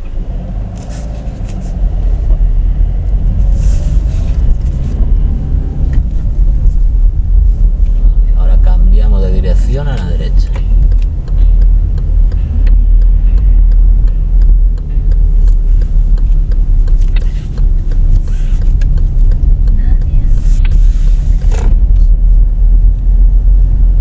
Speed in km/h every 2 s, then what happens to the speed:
0, 13, 20, 19, 23, 22, 21, 18, 19, 17, 20, 22.
0-3 pulls away to 20. 3-19 steady at about 19.